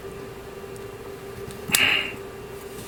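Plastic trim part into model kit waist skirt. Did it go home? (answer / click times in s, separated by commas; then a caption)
yes / 1.8 s. A small plastic trim piece is pressed onto the waist/skirt unit of a 1/144 plastic model kit. A sharp click at 1.8 s, with a bright burst just after, marks it snapping into place over a steady low hum; the part is seated.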